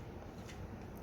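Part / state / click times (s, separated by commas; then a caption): plastic robot hand into arm socket of transforming toy / not seated / none. The plastic hand of a Tobot Galaxy Detectives Justice V transforming toy robot is pushed upward into its arm socket. There is only a steady, low handling rustle with a faint brighter scrape around 0.5 s and no sharp hit. Nothing has clicked into place yet.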